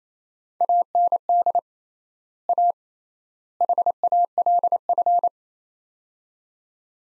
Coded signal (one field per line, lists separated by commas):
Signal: Morse code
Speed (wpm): 28 wpm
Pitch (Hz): 700 Hz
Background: none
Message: AND A HALF